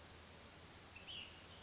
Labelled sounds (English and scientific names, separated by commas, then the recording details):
Ash-throated Flycatcher (Myiarchus cinerascens)
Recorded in Sonoma County, California